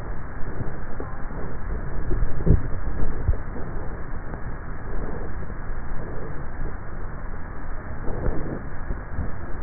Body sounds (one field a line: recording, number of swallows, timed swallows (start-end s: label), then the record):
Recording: swallowing sounds by neck microphone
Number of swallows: 1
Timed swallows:
1.98-3.22 s: swallow
From the record:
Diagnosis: dysphagia